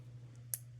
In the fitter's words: Oh yeah, I heard the click.